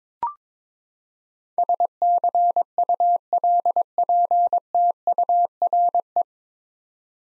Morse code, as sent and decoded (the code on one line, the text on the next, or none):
... -.-. ..- .-.. .--. - ..- .-. .
SCULPTURE